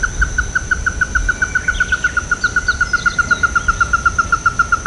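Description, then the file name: Ruddy-breasted crake giving a long, rapid series of clipped, hard notes at an even pitch throughout, with faint high chirps from other birds. "hikuina"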